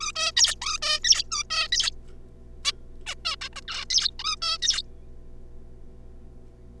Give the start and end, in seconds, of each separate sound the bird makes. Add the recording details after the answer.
0.00-0.12, 0.16-0.32, 0.37-0.55, 0.62-0.78, 0.82-0.99, 1.04-1.24, 1.31-1.43, 1.50-1.68, 1.72-1.91, 2.65-2.72, 3.07-3.14, 3.25-3.36, 3.41-3.49, 3.53-3.54, 3.56-3.61, 3.68-3.85, 3.90-4.10, 4.19-4.36, 4.42-4.58, 4.62-4.82. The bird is a juvenile. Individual R3549